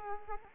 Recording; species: mosquito wingbeat signal from an infrared sensor; Culex quinquefasciatus